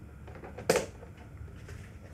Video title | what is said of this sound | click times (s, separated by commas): IceCase iPad Cooling Case with SunShield 2022 (iPad cooling for drive-thru, pilots, drones, sports) | insert those little tabs into the speed slots and you'll hear an audible click to know it's in place | 0.7 s